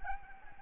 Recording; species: mosquito wingbeat signal from an infrared sensor; Anopheles gambiae